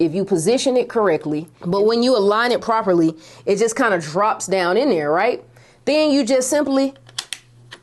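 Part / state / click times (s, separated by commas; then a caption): magnetic ring with colour gel onto flash head / seated / 7.2 s, 7.3 s. Someone talks while a colour gel is dropped into a magnetic ring, and the ring assembly is then attached to a Godox flash head. Two sharp clicks at 7.2 s and 7.3 s mark it clicking into place, seated on the flash head.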